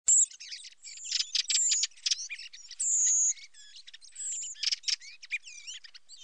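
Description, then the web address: Common blackbird calls: thin, high drawn-out whistles mixed with dense sharp clicks, ticks and twittering squiggles, no low sounds at all. Filtered, at Sassello. "FILTERED MERLO. SASSELLO"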